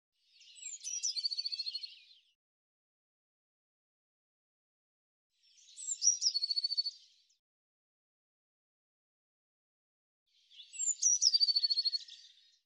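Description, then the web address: Eurasian blue tit calls: thin high notes leading into a fast buzzy trill, given three times about every five seconds with silence between. "Deverinetal"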